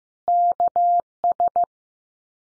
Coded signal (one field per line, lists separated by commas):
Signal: Morse code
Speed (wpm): 15 wpm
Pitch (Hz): 700 Hz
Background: none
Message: KS